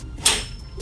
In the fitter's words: you can expand it however long you want but if you want to expand it all the way out you're just going to keep pushing until you hear this click sound